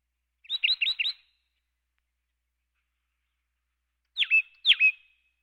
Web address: plain titmice